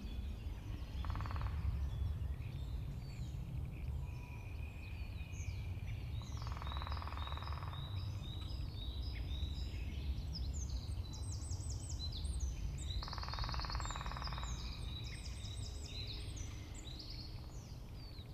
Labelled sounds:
Lesser Spotted Woodpecker (Dendrocopos minor) drumming
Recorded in the wild
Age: adult
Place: Hobrechtsfelder Rieselfelder, Naturpark Barnim, Berlin, DE
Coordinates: 52.663, 13.466
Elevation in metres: 60
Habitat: deciderous forest
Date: 2014-03-23
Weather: sunny, 7-8°C, almost no wind
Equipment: Sound Devices 702, Sennheiser MKH 70, Rycote Windschutz
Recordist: Frommolt, Karl-Heinz

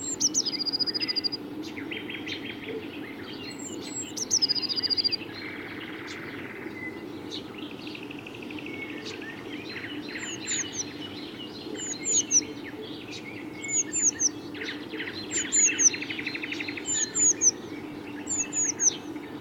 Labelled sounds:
Eurasian Blue Tit (Cyanistes caeruleus) song
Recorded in the wild
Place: Schönfeld, Brandenburg, DE
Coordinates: 53.396, 14.001
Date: 1988-05-15 05:11
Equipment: Nagra III BH, Sennheiser MD 21, parabola
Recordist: Schubert, Michael

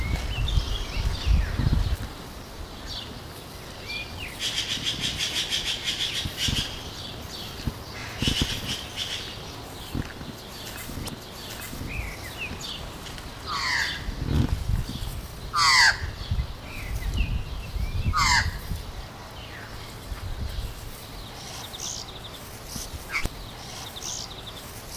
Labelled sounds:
Australian Magpie (Gymnorhina tibicen) call
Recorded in captivity
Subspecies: hypoleuca
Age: adult
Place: Zoo Berlin, Berlin, DE
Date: 2000-04-04 13:11
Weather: cloudy, ca. 13°C
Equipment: Nagra SN, Kopie Uher 4000 Report Monitor
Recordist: Tembrock, Günter

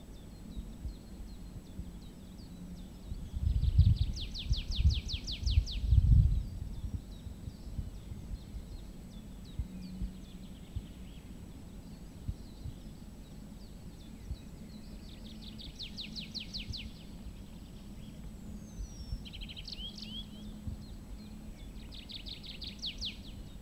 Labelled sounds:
Tree Pipit (Anthus trivialis)
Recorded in the wild
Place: Gerlitzen, Kärnten, AT
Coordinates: 46.693, 13.917
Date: 1971-05-12
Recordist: Brunner, Thomas
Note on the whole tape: Gerlitzen: Gesang eines Baumpiepers

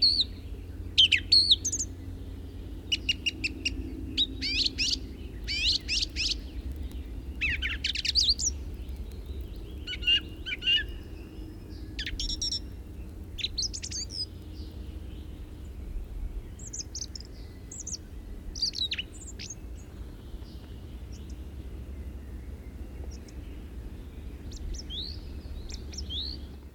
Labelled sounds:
Song Thrush (Turdus philomelos) song
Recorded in the wild
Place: Neklade, Insel Rügen, Mecklenburg-Vorpommern, DE
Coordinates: 54.39, 13.45
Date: 1969-05-20
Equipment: Nagra III BH, Sennheiser MD 21, parabola
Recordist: Schubert, Michael

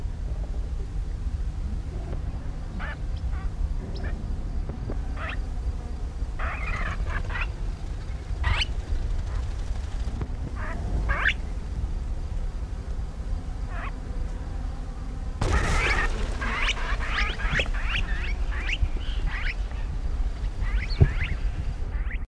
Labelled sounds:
Wattled Starling (Creatophora cinerea) call
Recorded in the wild
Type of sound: call
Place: Farm Komatzas
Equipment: Halbspur, 9,5 cm/s
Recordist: Lütgens, Hans
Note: Rufe

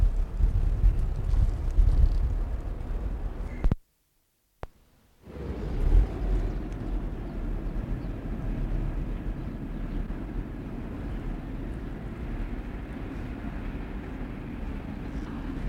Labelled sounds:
Chamois (Rupicapra rupicapra)
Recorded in captivity
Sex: male
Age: adult
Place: Zoo Berlin, Berlin, DE
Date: 1960-01-30 15:00
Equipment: Reporter, Vollspur
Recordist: Tembrock, Günter

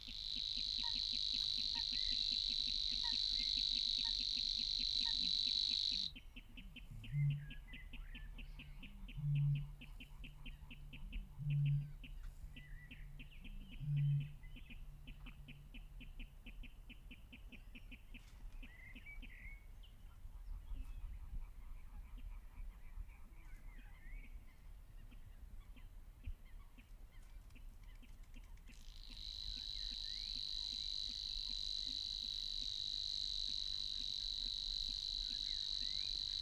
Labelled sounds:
Savi's Warbler (Locustella luscinioides) song
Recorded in the wild
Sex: male
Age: adult
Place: Kützerhof, Kummerower See, Mecklenburg-Vorpommern, DE
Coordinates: 53.8561, 12.8606
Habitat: wetland
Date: 2009-05-07 21:05
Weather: overcast, ca. 10°C, no wind
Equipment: Sound Devices 702, Sennheiser MKH 70, Rycote Windschutz
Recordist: Frommolt, Karl-Heinz

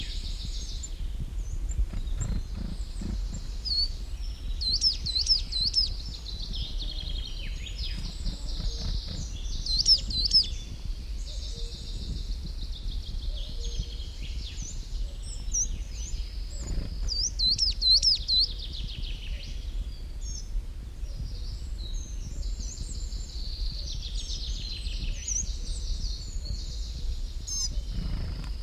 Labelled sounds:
Coal Tit (Periparus ater)
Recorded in the wild
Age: adult
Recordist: Brunner, Thomas

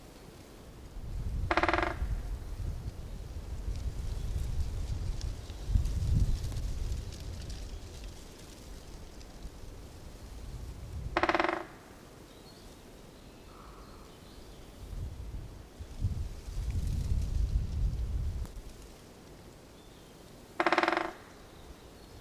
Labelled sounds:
Great Spotted Woodpecker (Dendrocopos major)
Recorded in the wild
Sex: female
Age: adult
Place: Mühlenbecker Wald, Brandenburg, DE
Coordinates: 52.6833, 13.4
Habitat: forest
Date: 1987-04-19 10:42
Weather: sonnig, 15°C
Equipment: Nagra SN, Kopie Tesla B 116
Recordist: Tembrock, Günter
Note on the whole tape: Buchenhochwald: zwei Exemplare, wahrscheinlich beides Weibchen. Ein Exemplar gesehen: Weibchen: Trommeln und Rufe

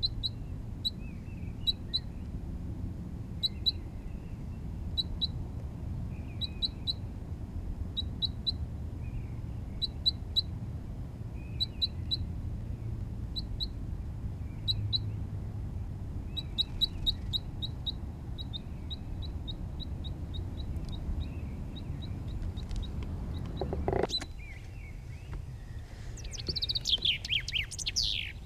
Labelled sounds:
Red Crossbill (Loxia curvirostra)
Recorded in the wild
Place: Garmisch-Partenkirchen, Bayern, DE
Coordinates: 47.4975, 11.1303
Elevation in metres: 1043
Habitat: mountains
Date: 1980-03-29
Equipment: Uher 4000 Report, Sennheiser MKH 815 T
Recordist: Tretzel, Erwin

